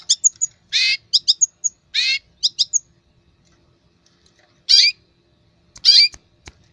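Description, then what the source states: Long-tailed shrike song: quick clicky chips mixed with harsher rasping notes, a pause, then two more grating notes. Masteran training recording for caged songbirds.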